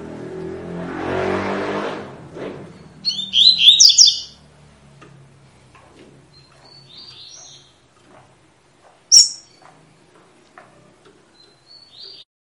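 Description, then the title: Double-collared seedeater: a vehicle passes loudly at first, then a Double-collared seedeater gives one fast, high warbled phrase, followed by scattered thin high notes. Tui-tui song style, a teacher song for training young birds. "COLEIRO TUI TUI FIBRA CANTO PROFESSOR"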